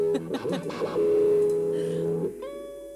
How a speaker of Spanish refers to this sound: Un acople de guitarra para arrancar.